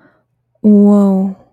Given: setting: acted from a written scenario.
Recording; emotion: vocal sound without words; awe